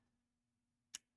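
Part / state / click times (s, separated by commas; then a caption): Technic piece into a hole in the model / seated / 1.0 s. A plastic LEGO Technic piece is pushed into a hole on the LEGO Technic 42158 NASA Mars Rover Perseverance model over a faint steady hum. At 0.9 s… correction, at 1.0 s (0.95 s) a single sharp, bright click rings out as the piece seats with a satisfying snap.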